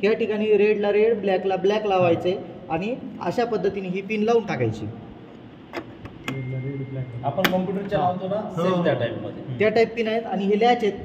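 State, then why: Seated. A multi-pin connector on the ballot unit cable is pushed into its socket on the control unit, matching red to red and black to black. It seats with a sharp click at 6.3 s, heard during a pause while someone talks before and after. Removing it requires pressing the release.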